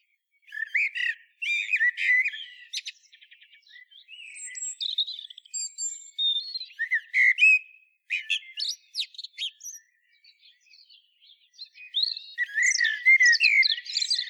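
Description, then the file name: Common blackbird song, a run of high squeaky twittering and warbled notes, phrases following one another with brief gaps. "Turdus merula"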